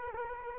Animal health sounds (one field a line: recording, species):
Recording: mosquito wingbeat signal from an infrared sensor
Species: Culex quinquefasciatus